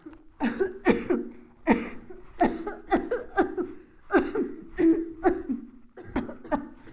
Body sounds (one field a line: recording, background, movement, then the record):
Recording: voluntary coughing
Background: a bystander coughing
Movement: sitting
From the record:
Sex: female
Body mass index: 21.8 kg/m2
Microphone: on the chest, facing the body